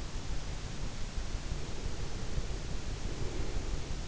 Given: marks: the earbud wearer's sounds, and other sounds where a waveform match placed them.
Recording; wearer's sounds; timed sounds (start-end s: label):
sounds in sleep by an in-ear microphone; breath
1.77-3.77 s: breath